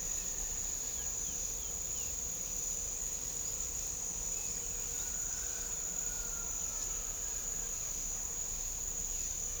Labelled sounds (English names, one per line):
none